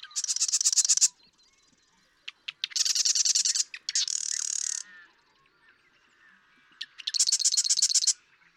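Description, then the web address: Marsh Wren singing rapid, dry, rattling trills about a second long, each introduced by a few sharp ticks and repeated several times. "birdsongforthecurious Marsh Wren"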